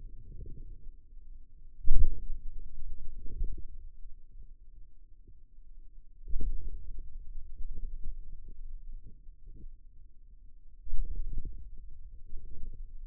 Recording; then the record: forearm muscle sounds (acoustic myography)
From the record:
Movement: hand closing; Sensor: system 2, bracelet of six BSWA MPA416 microphones around the upper forearm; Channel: 2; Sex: male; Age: 22 years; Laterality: right